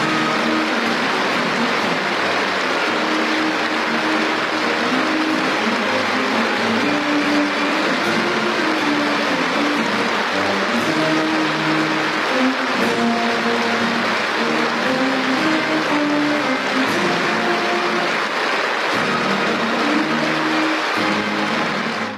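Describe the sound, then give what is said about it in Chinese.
Warm, sustained applause fills the congress hall, a dense and steady roar of clapping that holds at an even loudness for over twenty seconds with no one speaking, as Xi Jinping and other leaders enter the venue of the Communist Youth League's 18th National Congress, attended by over 1,500 delegates. “上午9时30分，中共中央总书记、国家主席、中央军委主席习近平等步入会场，全场响起热烈的掌声。”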